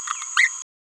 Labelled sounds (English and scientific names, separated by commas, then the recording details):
Green-rumped Parrotlet (Forpus passerinus) babbling
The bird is a male
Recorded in a nest box in Venezuela
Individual 17B31A1